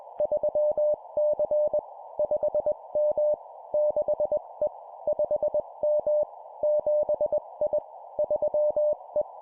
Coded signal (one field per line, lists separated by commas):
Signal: Morse code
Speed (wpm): 21 wpm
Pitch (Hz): 600 Hz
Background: none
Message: 3C 5M 6E 5M 7I 3E